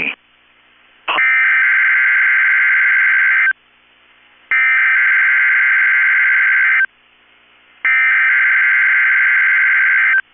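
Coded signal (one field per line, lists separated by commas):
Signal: Emergency Alert System (SAME) tones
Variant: header bursts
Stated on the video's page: Required Weekly Test from NOAA Weather Radio transmitter KEC65.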